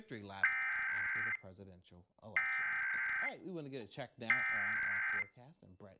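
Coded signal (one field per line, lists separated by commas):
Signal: Emergency Alert System (SAME) tones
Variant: header bursts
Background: speech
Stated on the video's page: Pennsylvania statewide required monthly tests from four TV stations; one failed, going near silent after the first attention tone.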